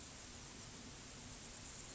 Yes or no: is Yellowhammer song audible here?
no